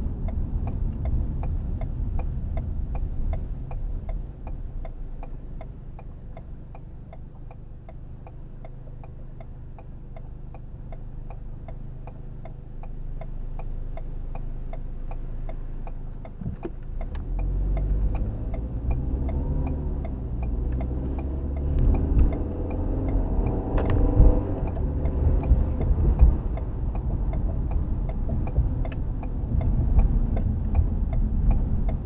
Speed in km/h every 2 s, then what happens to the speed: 16, 6, 2, 0, 2, 0, 0, 0, 10, 19, 27, 37, 42, 39, 31, 29.
0-4 brakes to 2. 4-14 standing. 14-23 pulls away to 42. 25-28 brakes to 31.